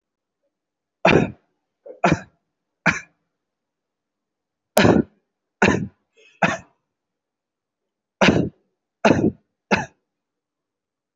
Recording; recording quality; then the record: shallow voluntary cough; excellent, no background noise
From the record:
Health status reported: healthy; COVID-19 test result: negative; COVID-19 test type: RT-PCR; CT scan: not taken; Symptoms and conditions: none ticked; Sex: male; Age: 24 years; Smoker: no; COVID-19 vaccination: both doses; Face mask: worn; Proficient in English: yes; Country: India